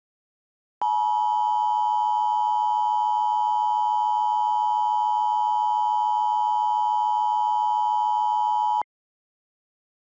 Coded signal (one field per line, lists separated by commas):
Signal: Emergency Alert System (SAME) tones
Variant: 853 and 960 Hz attention tone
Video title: EAS April Fools Special - Laughing Stock